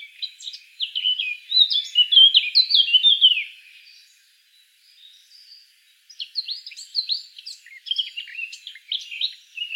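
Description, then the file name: Eurasian blackcap singing in fast, tumbling warbles with high whistled and scratchy notes, falling quiet for about two seconds before another varied phrase begins. "Sylvia atricapilla"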